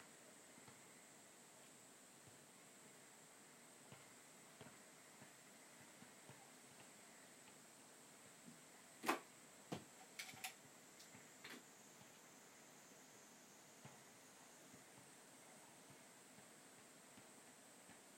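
Higurashi cicadas keep up a steady, high, shimmering kana-kana chorus throughout, with a fainter thin tone lower down. Everyday household noises break in around the middle: a sharp knock near nine seconds, then several quick clatters and taps over the next few seconds.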